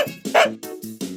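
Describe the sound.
Dog giving a few short, yelping barks in quick succession.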